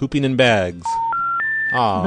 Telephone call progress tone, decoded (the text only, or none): special information tone